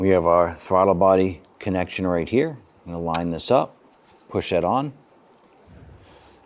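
A plastic electrical wiring connector is lined up and pushed onto the throttle body sensor of a 1994-2004 Ford Mustang 3.8L V6 during an intake manifold runner control bushing replacement. Someone talks for most of the clip, followed by faint low handling noise near the end. Nothing has seated or clicked yet.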